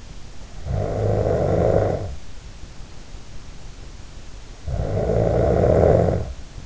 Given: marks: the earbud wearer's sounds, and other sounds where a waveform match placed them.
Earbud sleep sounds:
sounds in sleep by an in-ear microphone; snoring breath
0.51-2.09 s: snoring breath
4.63-6.30 s: snoring breath

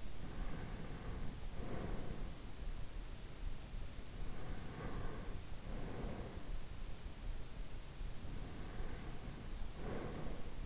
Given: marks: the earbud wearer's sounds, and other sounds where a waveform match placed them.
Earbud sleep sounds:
sounds in sleep by an in-ear microphone; breath
0.00-2.54 s: breath
4.53-6.62 s: breath
8.32-10.65 s: breath

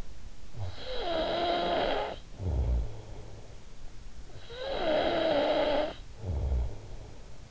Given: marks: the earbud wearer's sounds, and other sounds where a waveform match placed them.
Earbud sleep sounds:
sounds in sleep by an in-ear microphone; snoring breath
0.34-3.88 s: snoring breath
4.14-7.51 s: snoring breath

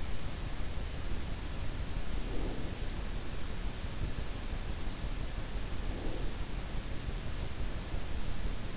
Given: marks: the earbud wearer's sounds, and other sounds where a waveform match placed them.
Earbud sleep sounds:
sounds in sleep by an in-ear microphone; breath
2.04-2.69 s: breath
5.70-6.31 s: breath

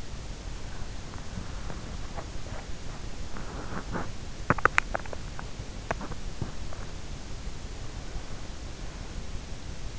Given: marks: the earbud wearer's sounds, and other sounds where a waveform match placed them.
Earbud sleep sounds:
sounds in sleep by an in-ear microphone; body movement, teeth grinding
0.00-7.91 s: body movement
3.30-6.61 s: teeth grinding

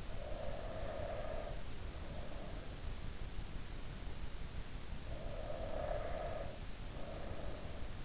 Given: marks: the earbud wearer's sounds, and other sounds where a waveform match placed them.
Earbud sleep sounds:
sounds in sleep by an in-ear microphone; breath
0.00-2.97 s: breath
4.97-7.77 s: breath

